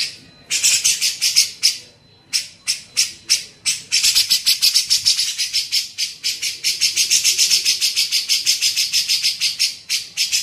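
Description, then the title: Grey-cheeked bulbul chatter: scattered harsh buzzy bursts at first, then a long rapid run of rasping pulses. Masteran tutor recording used for training songbirds. "MASTERAN CUCAK JENGGOT"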